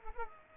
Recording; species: mosquito wingbeat signal from an infrared sensor; Culex pipiens